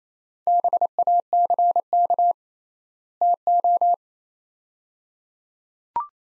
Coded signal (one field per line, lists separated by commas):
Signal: Morse code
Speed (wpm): 28 wpm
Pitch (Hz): 700 Hz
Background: none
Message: BACK TO